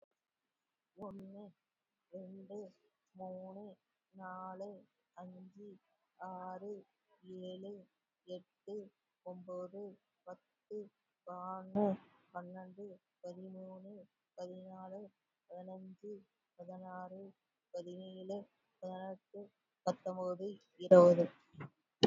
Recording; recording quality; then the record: counting at a normal pace; excellent, no background noise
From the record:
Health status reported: exposed to COVID-19, no respiratory illness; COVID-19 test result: not tested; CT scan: not taken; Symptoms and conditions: muscle pain, hypertension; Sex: female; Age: 61 years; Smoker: no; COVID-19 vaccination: one dose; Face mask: worn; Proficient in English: no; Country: India